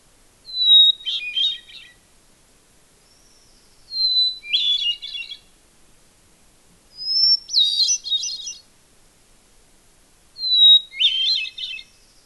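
Hermit thrush song: four flute-like phrases about three seconds apart, each opening on a long pure whistled note and breaking into a swirling flourish.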